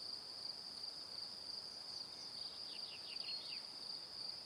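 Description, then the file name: Cricket chorus forming a continuous shrill trill, with a brief run of quick descending chirps midway through. Crickets chirping in the evening. "Calm - Evening Crickets"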